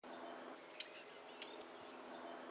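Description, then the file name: Eurasian blackcap giving two hard, sharp ticking calls a little over half a second apart against a steady background hiss. "Sylvia atricapilla"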